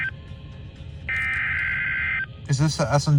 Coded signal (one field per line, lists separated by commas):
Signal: Emergency Alert System (SAME) tones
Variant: header bursts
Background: speech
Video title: Flash Flooding From HELL… EAS Alerts From (7/19/25)